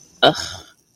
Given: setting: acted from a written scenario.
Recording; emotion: vocal sound without words; anger